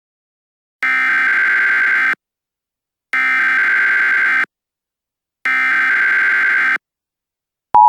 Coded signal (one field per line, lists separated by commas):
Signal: Emergency Alert System (SAME) tones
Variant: header bursts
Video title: EAS Scenario: Nuclear Sabotage